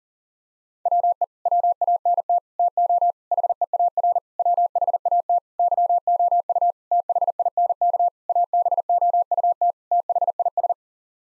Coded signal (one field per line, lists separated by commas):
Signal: Morse code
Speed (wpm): 37 wpm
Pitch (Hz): 700 Hz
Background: none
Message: WE WANT TO HEAR WHAT YOU THINK ABOUT THIS